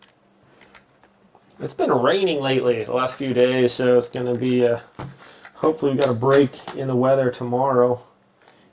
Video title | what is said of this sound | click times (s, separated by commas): Super fun RC Car Unboxing and Review | just snap into place on there | 0.8 s